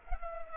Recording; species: mosquito wingbeat signal from an infrared sensor; Culex pipiens